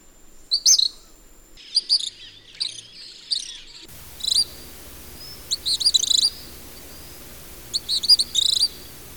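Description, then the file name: Gray kingbird calls: sharp, high, twittering bursts of several quick notes, repeated every second or two. "pitirres"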